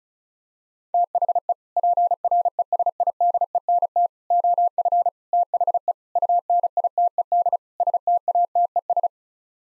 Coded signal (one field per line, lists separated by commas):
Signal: Morse code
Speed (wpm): 34 wpm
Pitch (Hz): 700 Hz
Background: none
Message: THE PRESIDENT OF THE UNITED STATES